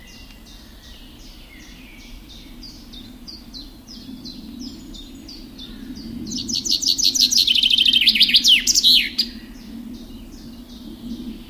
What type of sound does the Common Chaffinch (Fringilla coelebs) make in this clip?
song